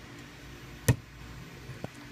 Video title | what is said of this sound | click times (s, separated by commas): Injector Plug replacement | you'll hear it snap down | 0.9 s